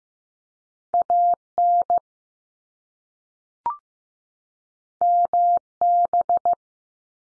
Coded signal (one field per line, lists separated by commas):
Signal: Morse code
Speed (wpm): 15 wpm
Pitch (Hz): 700 Hz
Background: none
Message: A N M B